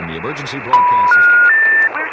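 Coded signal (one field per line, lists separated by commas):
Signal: telephone call progress tone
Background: speech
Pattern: special information tone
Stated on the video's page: HF radio email using a SignaLink sound card interface with the Winmor application and the Winlink system.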